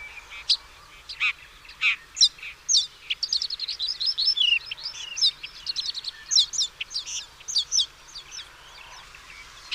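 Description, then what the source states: Bird song: loud chirps that build into a long, lively stream of quick twittering phrases, then taper off. Chirping bird song meant for training pet birds.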